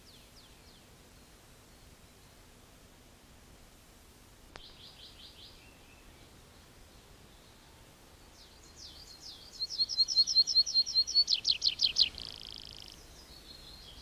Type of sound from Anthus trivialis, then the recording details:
song. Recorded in the wild. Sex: male. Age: adult. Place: Schloß Holte-Stukenbrock, Senne, Nordrhein-Westfalen, DE. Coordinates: 51.8703, 8.67111. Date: 1967-05-14. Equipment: Uher 4000 Report-S, Bändchenmikro Beyer M 260, Parabolspiegel Polyester (470 mm). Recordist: Conrads, Klaus